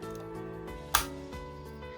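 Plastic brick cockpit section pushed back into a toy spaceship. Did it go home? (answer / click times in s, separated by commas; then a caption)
yes / 1.0 s. Over a steady musical background, the hinged plastic brick cockpit section of the 2017 LEGO Marvel Ayesha's Revenge spaceship (set 76080) is pushed back in after a minifigure is seated on the studded area. A single sharp click sounds at 0.9 s as the section locks into place.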